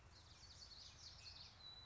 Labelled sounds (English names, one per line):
Common Yellowthroat